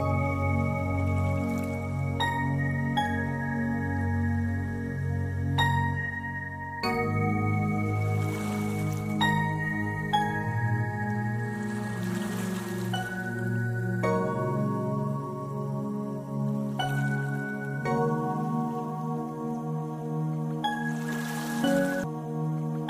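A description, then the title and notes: Meditation music with soft water sounds: slow, sustained tones that shift to a new chord every few seconds, with ringing, bowl-like notes over a deep, steady drone. Soft bursts of trickling water swell up around 8, 12 and 21 seconds, and the overall level stays even throughout. Meditation Music with soft water sounds.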